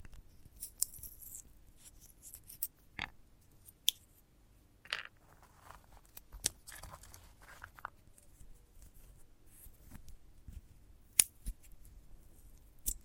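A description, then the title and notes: Crisp handling of a dried sunflower head: sharp snaps and clicks arrive irregularly every second or two, the loudest near three, four, six and a half, and eleven seconds. Between them come soft rustles and scratchy crackles over a low, quiet rumble. ASMR of a Sunflower Head (No Talking).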